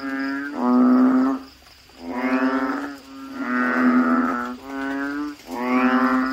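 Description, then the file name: Frog calls, slightly wavering nasal notes in overlapping bouts, a softer droning background throughout. "suara kodok bangkong"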